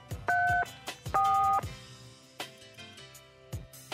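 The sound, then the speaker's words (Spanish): Two loud, steady dual-pitched keypad beeps of a phone being dialed to call someone back, each lasting about half a second with a short gap between, followed by scattered clicks and softer background sounds. “Le voy a llamar otra vez a Buscas.”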